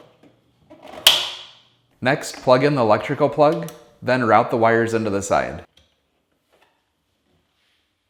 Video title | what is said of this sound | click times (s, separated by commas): Fix Ice Buildup in Your Samsung Ice Maker - Samsung Ice Box Sealant Repair Guide | then push it all the way to the rear until the locking tab snaps into place | 1.1 s